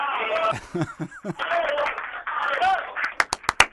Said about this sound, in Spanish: Nosotros también aplaudimos porque eso es un ejemplo de amistad.